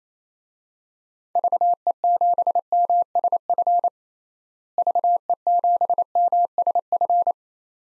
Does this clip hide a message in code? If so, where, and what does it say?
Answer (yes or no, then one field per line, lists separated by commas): yes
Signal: Morse code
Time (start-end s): 1.4-7.3 s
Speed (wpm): 28 wpm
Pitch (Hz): 700 Hz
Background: none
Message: VE7MSF VE7MSF